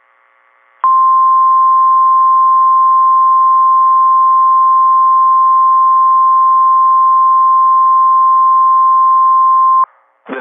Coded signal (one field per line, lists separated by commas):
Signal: Emergency Alert System (SAME) tones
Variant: 1050 Hz attention tone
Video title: Severe Thunderstorm Warning EAS Monroe Morgan Brown County Indiana NOAA Indianapolis 7 17 23 8 28 PM